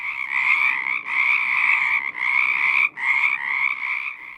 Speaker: This is the sound of Pacific chorus frogs.